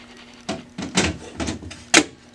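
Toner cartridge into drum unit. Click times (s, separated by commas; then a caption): 1.0 s. A toner cartridge is pushed back into a new DR720 drum unit for a Brother MFC-8910 laser printer, with plastic bumps and knocks around 0.5, 1.4, 1.7 and 2.0 seconds. The plastic parts latch together with a click at 1.0 seconds, and the cartridge is seated in the drum.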